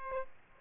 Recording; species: mosquito wingbeat signal from an infrared sensor; Aedes aegypti